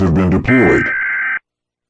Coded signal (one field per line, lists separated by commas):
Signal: Emergency Alert System (SAME) tones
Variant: header bursts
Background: speech